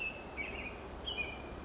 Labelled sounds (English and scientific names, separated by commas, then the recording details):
American Robin (Turdus migratorius)
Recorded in Sonoma County, California